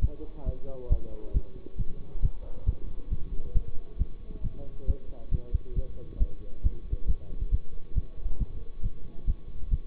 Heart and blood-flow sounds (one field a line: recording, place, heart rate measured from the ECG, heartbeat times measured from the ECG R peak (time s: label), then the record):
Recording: heart sounds by stethoscope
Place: between the tricuspid and mitral areas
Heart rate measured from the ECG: 136 bpm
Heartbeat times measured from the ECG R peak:
0.44 s: heartbeat
0.88 s: heartbeat
1.32 s: heartbeat
1.76 s: heartbeat
2.20 s: heartbeat
2.64 s: heartbeat
3.09 s: heartbeat
3.53 s: heartbeat
3.97 s: heartbeat
4.41 s: heartbeat
4.86 s: heartbeat
5.29 s: heartbeat
5.74 s: heartbeat
6.18 s: heartbeat
6.62 s: heartbeat
7.06 s: heartbeat
7.50 s: heartbeat
7.94 s: heartbeat
8.38 s: heartbeat
8.82 s: heartbeat
9.25 s: heartbeat
9.69 s: heartbeat
From the record:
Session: bicycle stress test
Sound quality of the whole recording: good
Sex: male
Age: 24 years